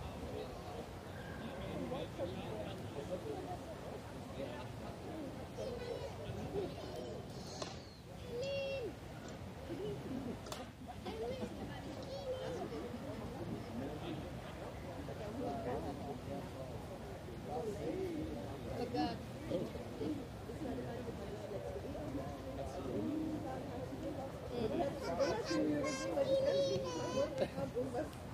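A steady murmur of many voices fills a busy park in Munich's Englischer Garten, with overlapping fragments of conversation throughout. Brief sharp clicks or knocks cut through around 7 and 10 seconds, and a few higher calls rise near the end.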